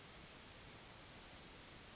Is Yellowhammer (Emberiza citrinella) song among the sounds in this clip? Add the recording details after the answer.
yes. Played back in grassland. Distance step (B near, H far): C. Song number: 040